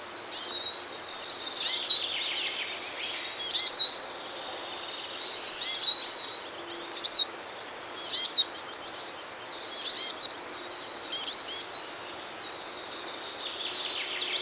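Eurasian Siskin song of high twitters and short curved whistles, phrases roughly every two seconds, growing fainter toward the end, with background hiss.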